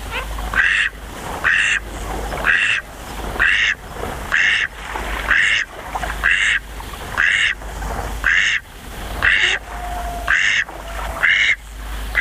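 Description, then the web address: Eastern spot-billed duck uttering a long, evenly spaced run of rasping quacks, roughly one per second, with faint low hum beneath. "sikioto. karugamo"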